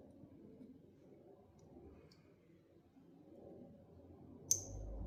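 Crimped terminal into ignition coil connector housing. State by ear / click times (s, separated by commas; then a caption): seated / 4.5 s. A crimped wire terminal is pushed into a plastic ignition coil connector housing while building a DIY coil-on-plug harness, with a low steady background rumble throughout. A sharp, bright click at 4.5 s marks the terminal locking into place, and it is seated and good to go.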